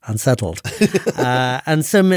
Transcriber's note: laughs